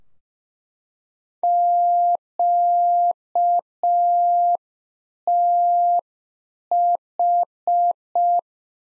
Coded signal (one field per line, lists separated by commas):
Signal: Morse code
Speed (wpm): 5 wpm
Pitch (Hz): 700 Hz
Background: none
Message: QTH